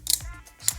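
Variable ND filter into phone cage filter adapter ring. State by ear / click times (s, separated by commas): seated / 0.1 s, 0.7 s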